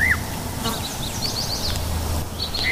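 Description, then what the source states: Yellow-breasted Chat song: a clear downslurred whistle opens, then scattered high chattering notes, and another whistle at the end. Recently arrived neotropical migrant nesting in dense shrub, Lower Skunk Canyon at the base of the Flatirons; full repertoire, a whistle then grunts and chatter; sings even at 2 in the morning.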